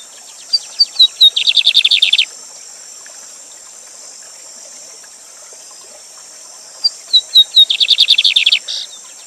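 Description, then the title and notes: Two Lined seedeater songs a few seconds apart, whistled introductory notes followed by a dry rapid trill, against continuous rushing water. Bird called Bigode or Bigodinho, named Gavião Negro, used as a teacher song bird for tutoring, singing live beside a waterfall. "Bigode Gavião Negro Professor De Canto Cantando Ao Vivo Com Cascata. Bigodinho"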